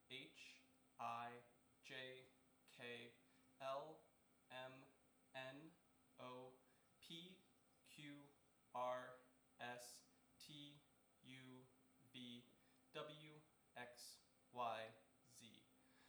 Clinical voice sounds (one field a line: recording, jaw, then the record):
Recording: letters of the alphabet, spoken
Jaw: free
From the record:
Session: seven days later